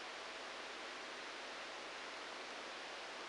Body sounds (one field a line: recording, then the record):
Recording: brain microelectrode recording played as sound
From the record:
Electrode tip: outside the subthalamic nucleus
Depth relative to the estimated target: 1 mm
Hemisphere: right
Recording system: NeuroSet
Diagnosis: Parkinson's disease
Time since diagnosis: 9 years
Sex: male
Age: 56 years